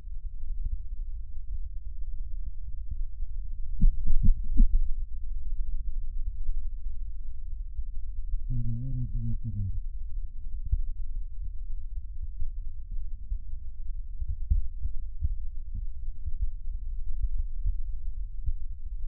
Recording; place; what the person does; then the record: lung sounds by stethoscope; right posterior basal chest; quiet breathing, then cough and speech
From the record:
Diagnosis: COPD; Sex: male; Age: 80 years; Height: 171 cm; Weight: 75 kg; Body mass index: 25.6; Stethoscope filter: bell mode